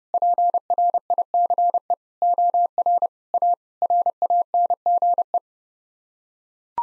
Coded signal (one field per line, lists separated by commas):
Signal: Morse code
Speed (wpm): 30 wpm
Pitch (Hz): 700 Hz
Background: none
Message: PRICE OR A RANGE